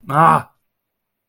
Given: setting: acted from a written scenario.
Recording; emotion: vocal sound without words; anger